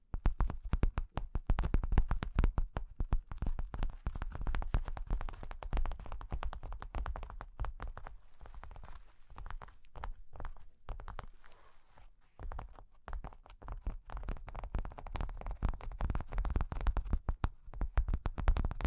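Cork and wood tapped rapidly in dense clusters, loudest at the start and end, with a sparser, softer scratching stretch around the middle.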